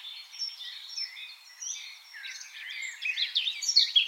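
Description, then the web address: Eurasian blackcap warbling in a fast, scratchy, jumbled stream of high notes that grows louder and busier toward the end. "SETE data Sylvia atricapilla"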